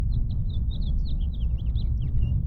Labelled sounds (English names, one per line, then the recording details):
House Finch song
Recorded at Atlantic Beach West on Long Island, New York, on 2 June 1975
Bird A